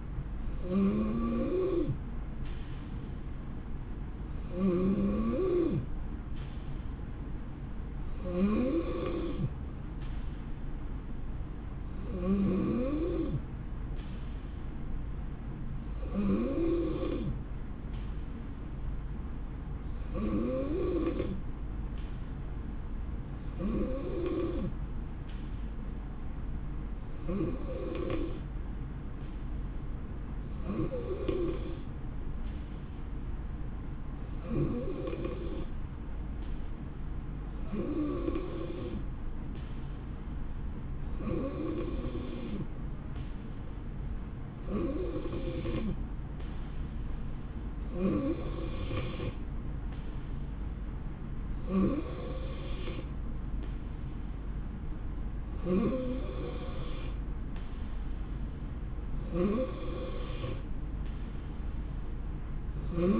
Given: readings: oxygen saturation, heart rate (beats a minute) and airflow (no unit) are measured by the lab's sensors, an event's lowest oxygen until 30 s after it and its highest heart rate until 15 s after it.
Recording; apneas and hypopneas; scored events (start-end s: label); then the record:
breathing in sleep by a smartphone at the bedside; 1
14.00-43.00 s: hypopnea (N2, oxygen 91% highest, then 88% lowest, heart rate 66 at the start, 72 highest)
From the record:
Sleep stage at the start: N2 (light sleep); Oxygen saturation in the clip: 88 to 91%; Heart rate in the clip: 66 to 72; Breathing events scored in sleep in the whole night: 160 in 9.3 hours asleep